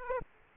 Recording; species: mosquito wingbeat signal from an infrared sensor; Aedes aegypti